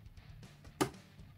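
A part that was not fully down, leaving the lid unable to close, is pushed further into its mount so the cover can close. After a few faint low bumps, a single sharp hit sounds at 0.8 s as the part seats fully down.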